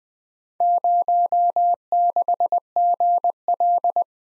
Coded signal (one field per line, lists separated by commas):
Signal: Morse code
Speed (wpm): 20 wpm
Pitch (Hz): 700 Hz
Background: none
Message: 06GL